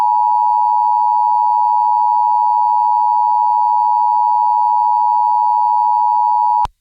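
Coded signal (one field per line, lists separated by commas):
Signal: Emergency Alert System (SAME) tones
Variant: 853 and 960 Hz attention tone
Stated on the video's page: Real flash flood warning and required monthly test alerts received over a day.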